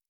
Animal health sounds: hydrophone in a shrimp aquaculture tank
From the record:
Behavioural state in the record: normal

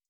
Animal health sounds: hydrophone in a shrimp aquaculture tank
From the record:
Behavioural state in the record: stressed

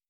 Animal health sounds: hydrophone in a shrimp aquaculture tank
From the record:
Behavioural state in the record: starved

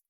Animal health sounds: hydrophone in a shrimp aquaculture tank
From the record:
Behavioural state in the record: feeding

